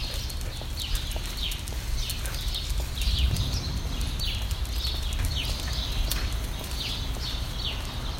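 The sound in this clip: Bird chirping: short, descending high notes repeated at a steady pace over a loud, steady low rumble and scattered clicks.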